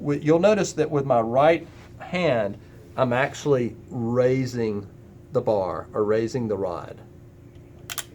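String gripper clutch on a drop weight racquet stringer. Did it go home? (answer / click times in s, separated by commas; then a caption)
yes / 7.9 s, 8.0 s. Someone talks while holding resistance against the string gripper clutch of a Gamma X-Stringer drop weight racquet stringer and raising the weighted rod. Near the end, the clutch clicks at 7.9 and 8.0 seconds as it reaches tension and grabs the string.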